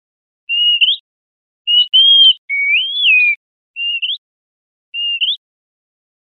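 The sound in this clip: Bird giving clear whistled notes that hold level and then flick upward at the end, about one a second, including one longer note that rises and falls.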